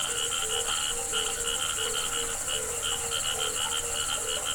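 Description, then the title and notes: Frogs croaking in a dense chorus, pulsed croaks repeating rapidly, over a steady high insect trill. Frogs calling with crickets at a pond on the Hajnice stream near Ústí, Czechia. "Ústí, Czechia - žáby a cvrčci Hajnice. žáby a cvrčci u hodní tůně na potoce Hajnice"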